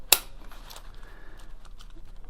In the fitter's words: going to go to the most posterior side and we're going to give it a little click.